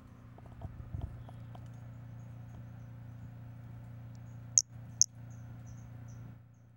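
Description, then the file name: Pumpkin toadlet call: two loud high chirps close together, then faint high notes, after some soft knocks and a steady low drone. Recorded 5 February 2016. "Brachycephalus albolineatus 160205"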